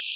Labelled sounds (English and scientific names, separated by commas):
Black-throated Blue Warbler (Setophaga caerulescens) flight call